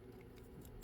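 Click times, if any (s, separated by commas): none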